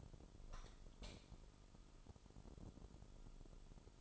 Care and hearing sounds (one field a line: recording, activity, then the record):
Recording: daily activity, microphone in the room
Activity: light on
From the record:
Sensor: 5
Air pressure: 988.5 hPa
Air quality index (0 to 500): 214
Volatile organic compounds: 110 ppm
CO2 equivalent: 3819 ppm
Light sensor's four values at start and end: 44/132/52/55 and 46/138/54/57